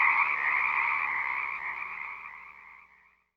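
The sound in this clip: Frog chorus of rapid massed trills that thins and fades away to silence over about three seconds.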